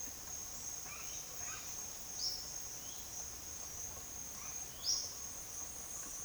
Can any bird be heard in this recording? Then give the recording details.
yes. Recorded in pastures near Puerto Asís, Putumayo, Colombia, on 22 June 2025 at 09:00. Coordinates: 0.502, -76.324. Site G010